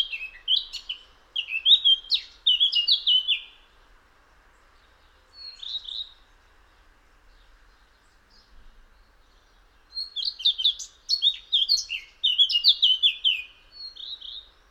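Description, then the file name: Eurasian blackcap song: quick warbled phrases, then a lone short snatch, several quiet seconds, and a final burst of rich, varied whistling. "Sylvia atricapilla"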